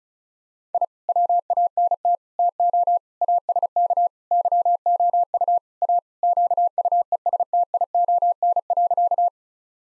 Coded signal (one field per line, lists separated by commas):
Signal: Morse code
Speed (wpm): 34 wpm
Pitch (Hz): 700 Hz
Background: none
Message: I WANT TO ASK YOU A QUESTION.